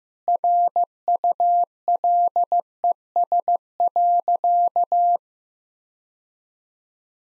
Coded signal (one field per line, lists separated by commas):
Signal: Morse code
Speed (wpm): 15 wpm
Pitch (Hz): 700 Hz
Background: none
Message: RULES.